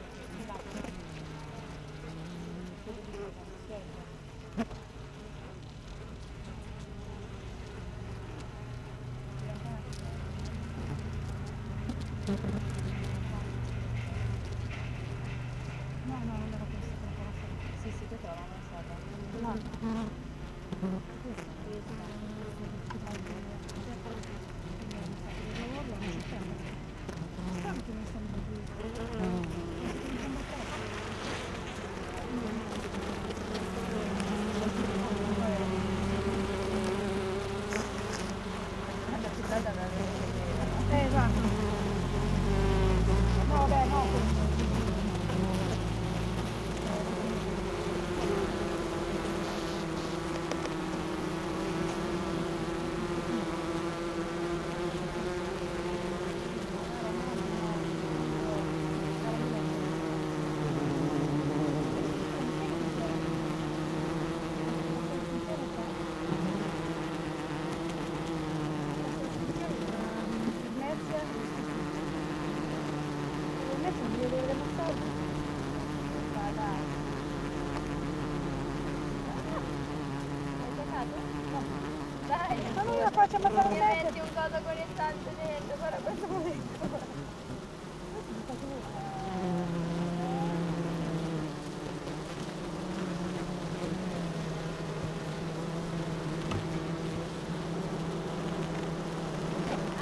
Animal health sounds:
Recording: honeybee colony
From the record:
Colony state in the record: active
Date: 12 June 2018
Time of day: 7:56

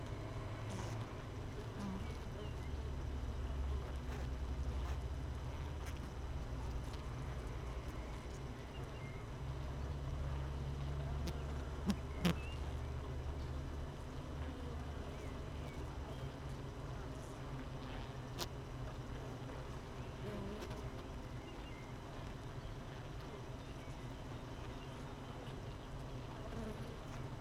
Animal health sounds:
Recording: honeybee colony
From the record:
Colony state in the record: missing queen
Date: 31 May 2018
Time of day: 6:50

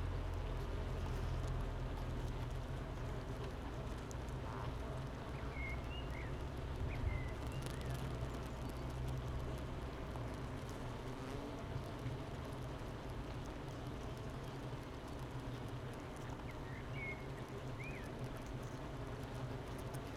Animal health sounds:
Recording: honeybee colony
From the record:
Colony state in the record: missing queen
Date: 31 May 2018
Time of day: 9:15

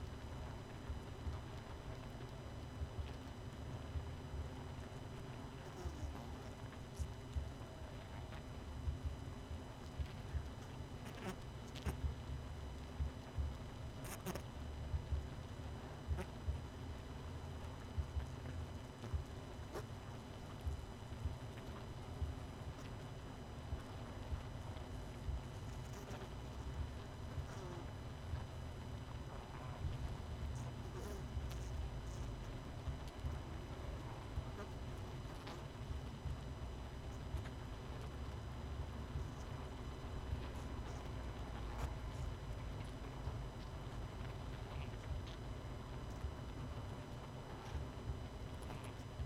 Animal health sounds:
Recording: honeybee colony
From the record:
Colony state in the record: missing queen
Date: 31 May 2018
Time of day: 20:22

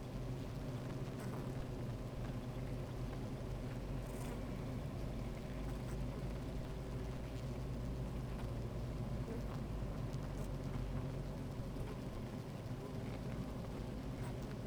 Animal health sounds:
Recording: honeybee colony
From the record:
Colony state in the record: active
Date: 28 July 2017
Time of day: 13:38

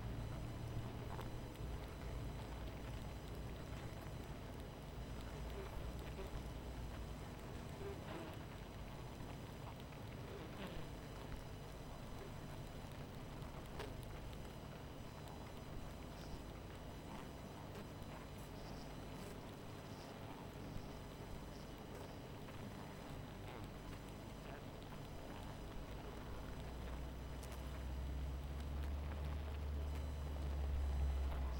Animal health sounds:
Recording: honeybee colony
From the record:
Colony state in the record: missing queen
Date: 14 July 2017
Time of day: 23:35

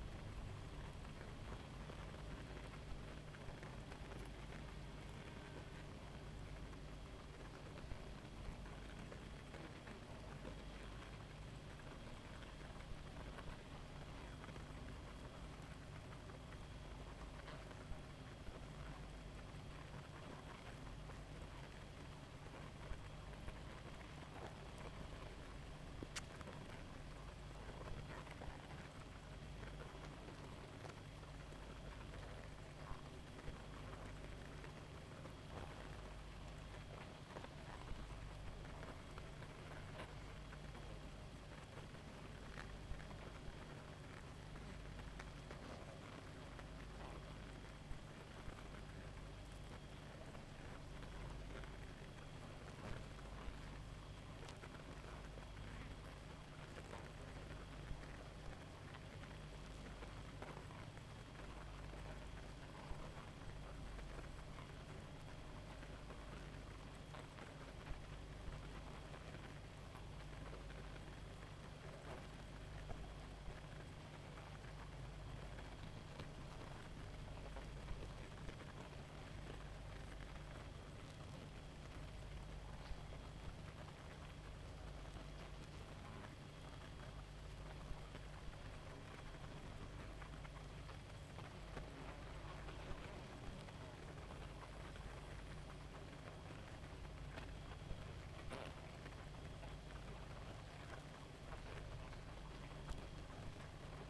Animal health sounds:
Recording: honeybee colony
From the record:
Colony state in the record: active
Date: 28 July 2017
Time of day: 0:21

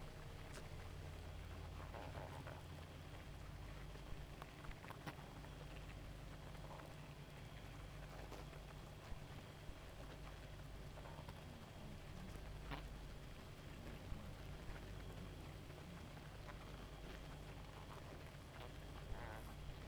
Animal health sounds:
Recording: honeybee colony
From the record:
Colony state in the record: active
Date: 28 July 2017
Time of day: 1:01

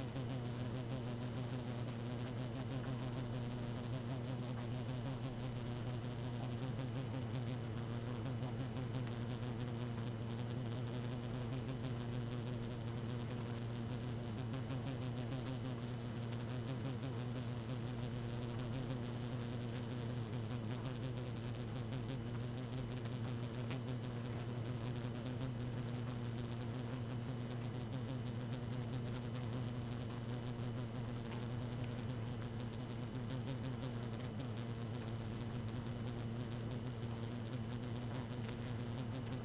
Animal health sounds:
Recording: honeybee colony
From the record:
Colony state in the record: active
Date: 12 June 2018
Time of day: 1:12

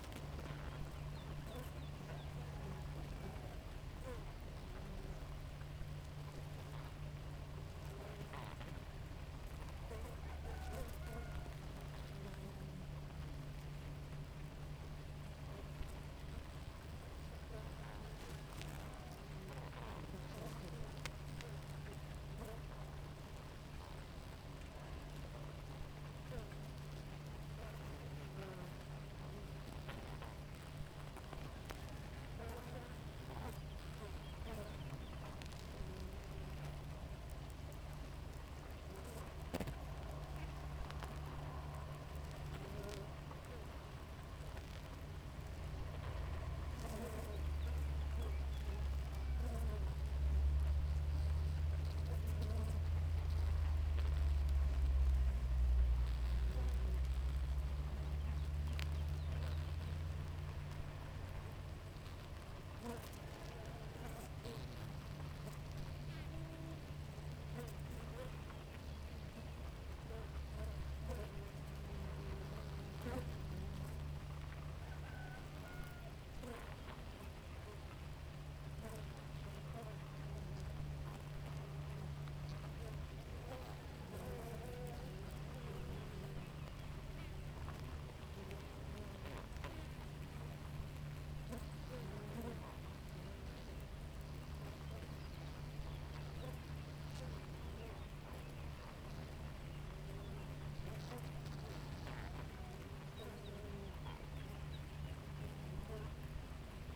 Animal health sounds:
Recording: honeybee colony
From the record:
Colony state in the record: active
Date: 28 July 2017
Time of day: 4:20

